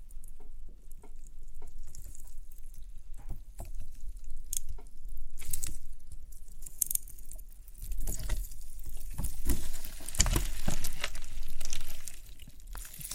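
Experimental triggers in test tubes: a run of small irregular taps, clicks and soft wet, squishy sounds, like drips and patter. Quiet at first, with scattered ticks, then louder and busier from about eight seconds, with brighter rustling bursts near ten seconds.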